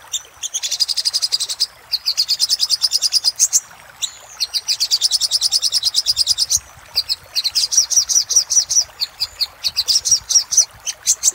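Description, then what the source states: Little spiderhunter delivering long, rapid trills of thin, high chipping notes, separated by brief gaps, with an occasional drawn-out whistled note. Master recording used for training cage birds.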